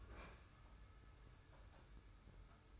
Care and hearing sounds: daily activity, microphone in the room; open fridge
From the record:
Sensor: 2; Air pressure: 990.8 hPa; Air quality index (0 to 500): 129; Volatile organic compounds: 132 ppm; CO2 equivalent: 3939 ppm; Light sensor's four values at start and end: 20/49/20/20 and 20/49/20/20

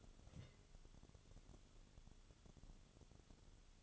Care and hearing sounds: daily activity, microphone in the room; take from stove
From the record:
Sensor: 4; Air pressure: 1008.9 hPa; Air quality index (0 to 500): 134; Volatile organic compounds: 1 ppm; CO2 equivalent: 976 ppm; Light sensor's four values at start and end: 11/25/10/9 and 11/26/10/10

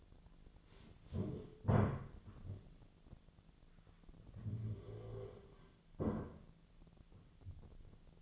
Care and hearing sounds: daily activity, microphone in the room; stand up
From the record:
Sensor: 4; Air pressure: 1008.9 hPa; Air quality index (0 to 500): 171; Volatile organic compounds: 5 ppm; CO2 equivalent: 1718 ppm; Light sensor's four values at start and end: 23/73/28/26 and 23/73/28/26

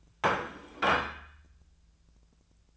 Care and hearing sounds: daily activity, microphone in the room; place plate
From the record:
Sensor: 2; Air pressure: 1009.2 hPa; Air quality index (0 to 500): 187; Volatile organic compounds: 11 ppm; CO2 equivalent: 2321 ppm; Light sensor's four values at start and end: 23/55/24/26 and 23/56/24/26

